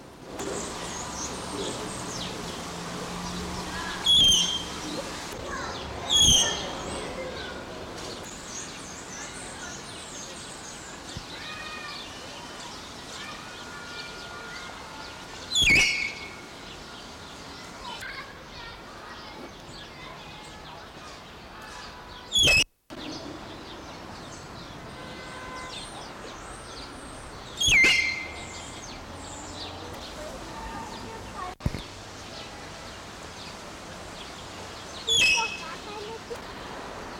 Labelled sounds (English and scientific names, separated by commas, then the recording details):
Malayan Tapir (Tapirus indicus) call
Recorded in captivity
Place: Zoo Berlin, Berlin, DE
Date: 1992-10-24 11:14
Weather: bedeckt, 4-6°C
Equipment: Marantz CP 430, Sennheiser ME 80, Kopie Tesla B 116
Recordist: Tembrock, Günter
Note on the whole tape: Einzeltier draussen; "Pfiffe" (Langlaute); läuft an der Absperrung zum Haus, wird dann eingelassen